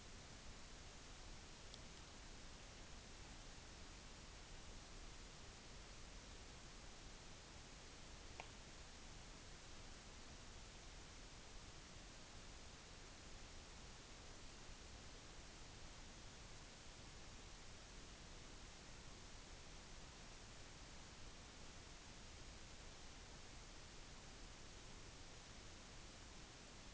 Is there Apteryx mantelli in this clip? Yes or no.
no